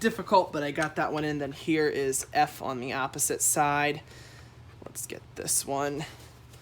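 A frame piece marked F is handled on the opposite side of a Halloween animatronic's frame while someone talks, with faint handling noise in a quiet pause around 4 to 5 seconds. The piece is about to be locked into the mechanism, but nothing has seated or clicked yet.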